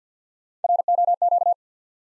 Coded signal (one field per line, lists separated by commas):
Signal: Morse code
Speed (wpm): 50 wpm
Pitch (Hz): 700 Hz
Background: none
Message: ROQ